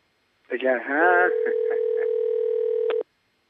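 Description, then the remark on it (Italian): A brief burst of voice gives way to a steady, mid-pitched electronic ringing tone on an international phone line, holding for about two seconds with a few faint clicks before it cuts off. “Che squilla estero.”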